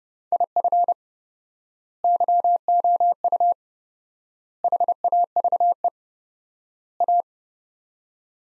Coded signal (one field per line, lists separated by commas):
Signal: Morse code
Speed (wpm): 32 wpm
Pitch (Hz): 700 Hz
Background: none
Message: IF YOU HAVE A